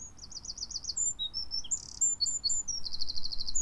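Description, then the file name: Eurasian wren singing a very high, rapid jumble of trills and sharp notes, with quick repeated phrases, over a low rumbling background. "Troglodytes troglodytes"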